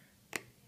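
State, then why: Seated. A SIM card hatch held by two small plastic catches is pressed closed on an NGM Explorer mobile phone. A single sharp click sounds at 0.4 s over a quiet background. The hatch catches click into place, and the hatch is locked in solid.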